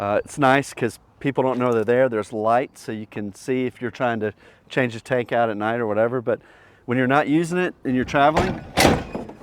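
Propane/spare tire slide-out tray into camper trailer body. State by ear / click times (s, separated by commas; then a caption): seated / 9.3 s. Someone talks while a slide-out tray holding the spare tire and propane tanks on a SylvanSport VAST camper trailer is pushed back into the camper body. A thunk is heard at 9.3 s as the tray locks in place.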